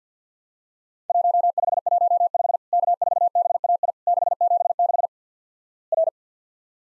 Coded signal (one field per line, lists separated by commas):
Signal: Morse code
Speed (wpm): 50 wpm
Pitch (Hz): 700 Hz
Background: none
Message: 1515 K4BAI 676 R